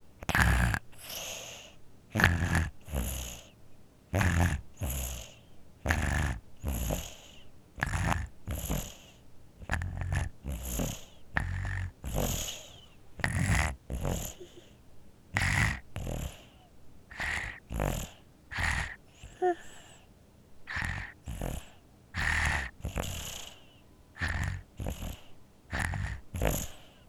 Baby Infant Sleeps Snores With a Cold Congested.